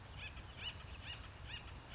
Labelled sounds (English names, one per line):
Acorn Woodpecker